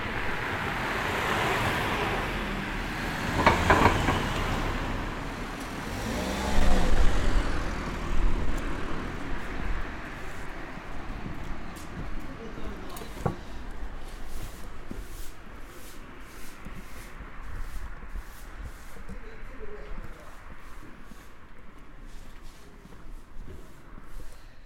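Street sounds on Shinmachi-dori in Omihachiman. A vehicle swells and passes in the first seven seconds, with a few voices mixed in, then the street settles into a quieter hum broken by frequent light clicks and taps through the second half.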